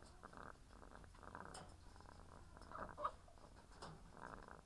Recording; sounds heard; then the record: poultry house recording; sick chickens (respiratory disease)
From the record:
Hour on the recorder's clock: 17